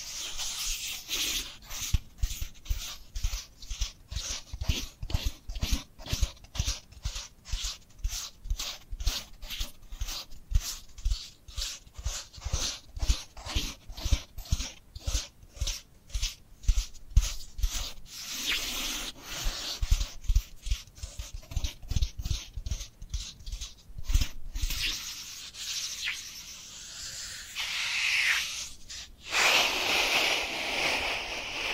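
Dry hands pat and rub in quick, fairly regular bursts for most of the time, then give way to a steady scratchy rubbing hiss.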